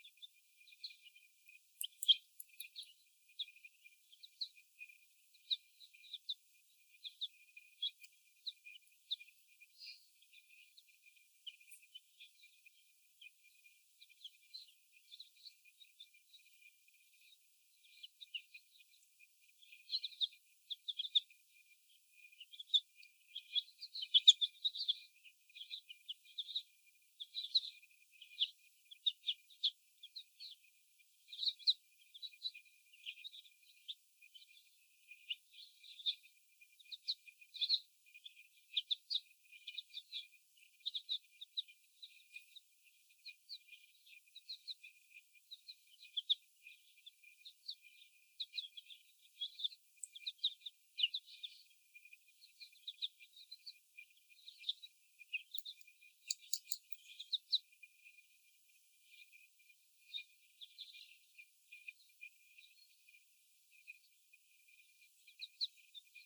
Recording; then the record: young laying hens in a cage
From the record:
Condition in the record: before the stressor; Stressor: sudden umbrella opening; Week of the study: 1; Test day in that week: 1